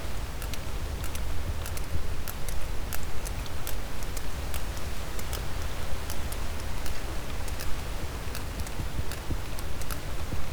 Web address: Physeter Macrocephalus cachalot